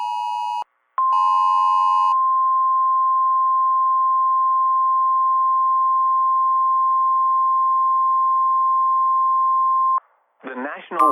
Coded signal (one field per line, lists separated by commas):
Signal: Emergency Alert System (SAME) tones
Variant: 1050 Hz attention tone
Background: speech